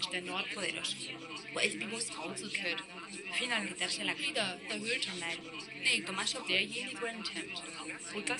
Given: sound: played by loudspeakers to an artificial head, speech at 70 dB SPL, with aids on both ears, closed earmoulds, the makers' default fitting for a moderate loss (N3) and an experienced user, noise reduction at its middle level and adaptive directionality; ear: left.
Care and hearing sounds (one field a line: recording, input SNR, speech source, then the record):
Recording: speech test signal (ISTS) in cocktail-party noise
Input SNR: -3 dB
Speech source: in front (0 degrees)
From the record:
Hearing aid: class 2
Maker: C